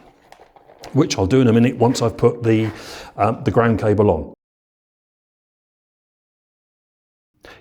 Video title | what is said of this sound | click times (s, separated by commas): INNOVV Blind Spot Detection - Third EYE Install guide for BMW R1200GS/A using R1300GS/A mirrors | it clips into place and then we can tidy this up under here | 0.3 s